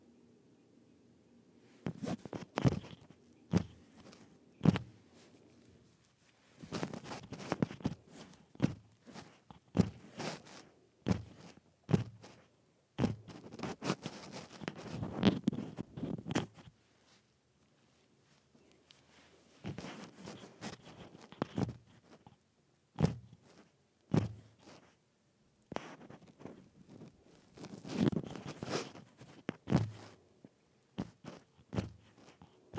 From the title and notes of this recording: ASMR Dropping the Microphone 2 Inches.